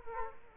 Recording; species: mosquito wingbeat signal from an infrared sensor; Culex quinquefasciatus